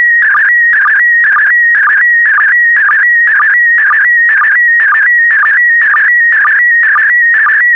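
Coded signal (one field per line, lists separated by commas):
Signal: SSTV (slow-scan television)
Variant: PD120 mode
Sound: warbling, buzzy tone scanning line by line with a rhythmic chirp about twice a second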